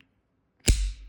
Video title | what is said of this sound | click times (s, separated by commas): Spyderco Techno 1,2,3 | Man, that is a one-of-a-kind snap. | 0.7 s